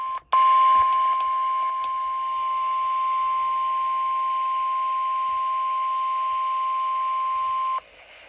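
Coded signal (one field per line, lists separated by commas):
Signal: Emergency Alert System (SAME) tones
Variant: 1050 Hz attention tone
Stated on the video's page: NOAA weather radio severe thunderstorm warning.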